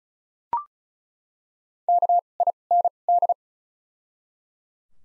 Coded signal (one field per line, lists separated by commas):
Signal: Morse code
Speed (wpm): 36 wpm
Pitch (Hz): 700 Hz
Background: none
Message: K I N D